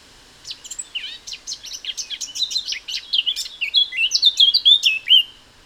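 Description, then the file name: Eurasian blackcap song: scratchy, quick chattering notes that build into a loud, clear fluty warble toward the end. "Sylvia atricapilla"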